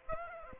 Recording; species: mosquito wingbeat signal from an infrared sensor; Aedes aegypti